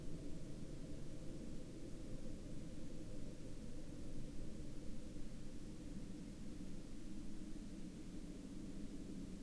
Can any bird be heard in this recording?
no